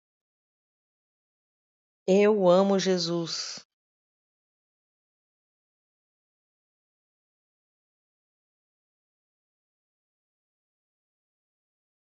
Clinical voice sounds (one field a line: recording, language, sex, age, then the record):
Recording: spoken sentence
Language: Brazilian Portuguese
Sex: female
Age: 40 to 49 years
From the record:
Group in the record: control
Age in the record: 47 years